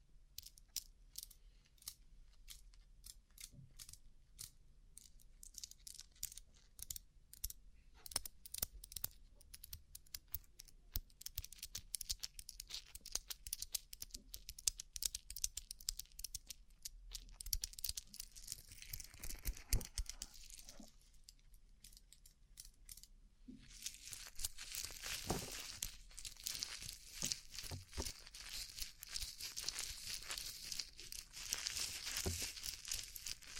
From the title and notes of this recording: ASMR Rhinestone Covered Tapping 3Dio (No Talking).